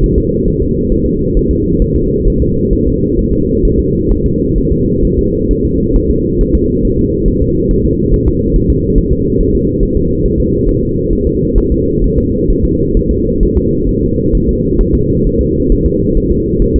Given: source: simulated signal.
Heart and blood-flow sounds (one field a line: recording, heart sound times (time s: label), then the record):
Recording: fetal heart sounds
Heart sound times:
0.04 s: S1
0.18 s: S2
0.48 s: S1
0.62 s: S2
0.92 s: S1
1.06 s: S2
1.37 s: S1
1.51 s: S2
1.82 s: S1
1.96 s: S2
2.28 s: S1
2.42 s: S2
2.73 s: S1
2.87 s: S2
3.19 s: S1
3.33 s: S2
3.65 s: S1
3.79 s: S2
4.12 s: S1
4.26 s: S2
4.58 s: S1
4.72 s: S2
5.05 s: S1
5.19 s: S2
5.51 s: S1
5.65 s: S2
5.96 s: S1
6.11 s: S2
6.41 s: S1
6.55 s: S2
6.85 s: S1
6.99 s: S2
7.28 s: S1
7.42 s: S2
7.71 s: S1
7.85 s: S2
8.14 s: S1
8.28 s: S2
8.56 s: S1
8.70 s: S2
8.98 s: S1
9.13 s: S2
9.40 s: S1
9.55 s: S2
9.83 s: S1
9.97 s: S2
10.26 s: S1
10.40 s: S2
10.69 s: S1
10.83 s: S2
11.13 s: S1
11.27 s: S2
11.58 s: S1
11.72 s: S2
12.04 s: S1
12.18 s: S2
12.50 s: S1
12.65 s: S2
12.97 s: S1
13.11 s: S2
13.43 s: S1
13.57 s: S2
13.89 s: S1
14.03 s: S2
14.35 s: S1
14.49 s: S2
14.81 s: S1
14.95 s: S2
15.27 s: S1
15.41 s: S2
15.72 s: S1
15.86 s: S2
16.17 s: S1
16.32 s: S2
16.62 s: S1
16.76 s: S2
From the record:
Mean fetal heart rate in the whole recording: 135 bpm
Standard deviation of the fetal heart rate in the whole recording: 3 bpm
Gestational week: 36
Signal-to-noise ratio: -14.7 dB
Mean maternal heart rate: 72 bpm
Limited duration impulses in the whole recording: present